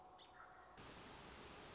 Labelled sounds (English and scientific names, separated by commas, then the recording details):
American Robin (Turdus migratorius)
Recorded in Sonoma County, California